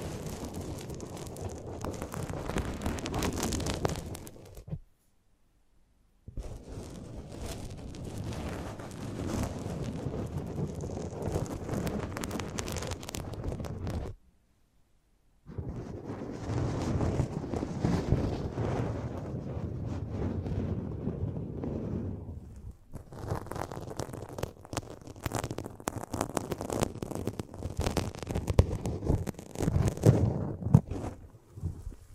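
Close-up ASMR mic treatment: dense, rough rustling and scraping against the microphone in long stretches, broken by brief silences near 5 and 15 seconds.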